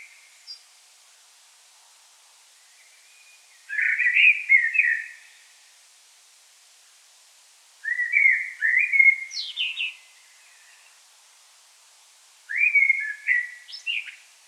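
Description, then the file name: Common blackbird song with three rich whistled phrases separated by pauses, some ending in high squeaky notes. "Turdus merula"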